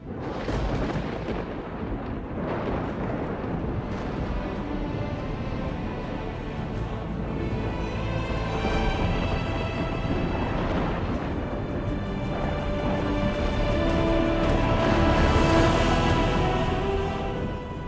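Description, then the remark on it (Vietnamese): Heavy rumbling thunder from repeated lightning strikes rolls on without pause, with booming cracks near the start and a swelling roar toward the end, layered over a dense low sustained rumble. “Những tia sét luân hồi xuất hiện liên tục đánh xuống thân ảnh của hai người.”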